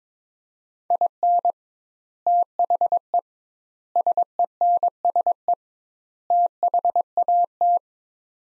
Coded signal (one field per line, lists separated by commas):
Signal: Morse code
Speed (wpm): 22 wpm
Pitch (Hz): 700 Hz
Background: none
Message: IN THE SENSE THAT